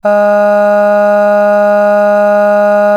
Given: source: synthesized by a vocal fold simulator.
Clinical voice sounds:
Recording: sustained vowel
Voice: female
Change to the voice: aspiration noise (breathiness), level 4 of 10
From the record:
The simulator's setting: 0.61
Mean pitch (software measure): 206 Hz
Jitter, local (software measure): 0.25%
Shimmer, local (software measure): 2.6%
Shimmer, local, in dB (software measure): 0.23 dB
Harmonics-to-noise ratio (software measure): 26.8 dB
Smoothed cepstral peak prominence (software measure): 17.1 dB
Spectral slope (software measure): -21.9 dB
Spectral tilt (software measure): -8.0 dB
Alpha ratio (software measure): -12.4 dB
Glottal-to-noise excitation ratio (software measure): 0.949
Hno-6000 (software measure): 2.2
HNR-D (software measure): 40.1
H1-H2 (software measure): 9.5 dB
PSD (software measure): 2.0e-05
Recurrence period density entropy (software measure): 0.124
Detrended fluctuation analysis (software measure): 0.0274

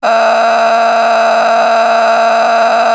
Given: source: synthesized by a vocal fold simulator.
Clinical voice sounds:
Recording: sustained vowel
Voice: female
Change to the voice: a random mix of aspiration noise, stiffness perturbation and strain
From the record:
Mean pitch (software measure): 228 Hz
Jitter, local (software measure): 3.94%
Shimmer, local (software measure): 13.9%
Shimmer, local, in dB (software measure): 1.14 dB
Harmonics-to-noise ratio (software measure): 7.9 dB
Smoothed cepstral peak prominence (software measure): 9.3 dB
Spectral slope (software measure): -16.4 dB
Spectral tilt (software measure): -8.9 dB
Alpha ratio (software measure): -6.9 dB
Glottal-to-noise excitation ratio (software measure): 0.848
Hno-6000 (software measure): 1.7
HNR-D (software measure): 25.8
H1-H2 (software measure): -4.3 dB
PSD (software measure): 1.4e-03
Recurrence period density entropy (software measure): 0.132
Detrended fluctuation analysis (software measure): 0.0107

